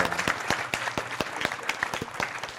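An audience claps steadily, dense overlapping hand claps forming a lively, continuous round of applause with individual sharp claps standing out, no voices heard.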